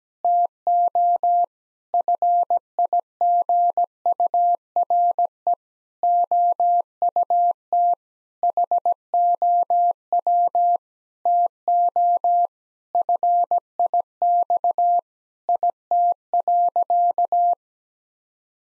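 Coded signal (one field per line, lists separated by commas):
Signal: Morse code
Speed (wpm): 17 wpm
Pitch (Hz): 700 Hz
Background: none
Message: TO FIGURE OUT HOW TO FIX IT.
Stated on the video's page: Morse copying practice of sentences with common six-word phrases at 17 wpm.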